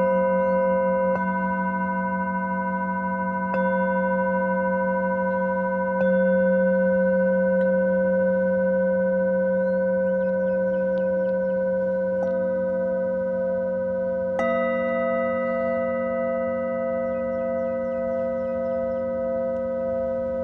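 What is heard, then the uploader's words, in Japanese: Singing bowls ring in long, steady, layered tones, struck again every few seconds, with a fresh, brighter strike near fourteen seconds. Small, high bird calls flicker faintly above the hum, and a soft, even wash sits low underneath throughout. メキシコ-カンクンより サンライズサウンドヒーリングの中継ライブをしました。シンギングボウルと風と波、海鳥の声。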